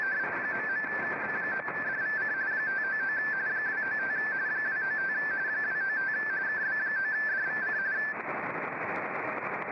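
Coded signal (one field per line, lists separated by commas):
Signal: RTTY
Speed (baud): 45.45 baud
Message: ..KB9DVC 599 295 295 295 KB9DVC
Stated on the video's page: Amateur digital modes on 40 meters from a Yaesu FT-891 with an inverted-V random wire antenna and manual tuner.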